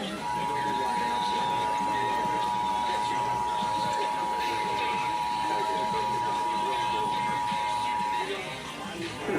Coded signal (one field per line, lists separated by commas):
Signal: Emergency Alert System (SAME) tones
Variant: 853 and 960 Hz attention tone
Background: speech, music